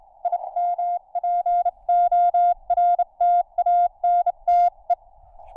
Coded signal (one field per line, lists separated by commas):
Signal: Morse code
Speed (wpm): 29 wpm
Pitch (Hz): 700 Hz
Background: none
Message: IMPORTANTE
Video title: NVIS Morse Radio Contact at Col d'EZE Near Nice.